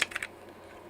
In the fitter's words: clicks into place there is a little motor holder piece which